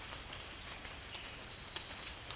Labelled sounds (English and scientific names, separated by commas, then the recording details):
none
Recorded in pastures near Puerto Asís, Putumayo, Colombia, on 30 June 2025 at 17:00
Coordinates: 0.502, -76.324
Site G010